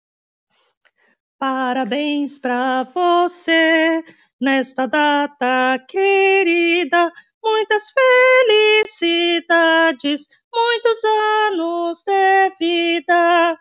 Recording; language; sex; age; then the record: short text; Brazilian Portuguese; female; 50 to 59 years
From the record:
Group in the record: control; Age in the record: 59 years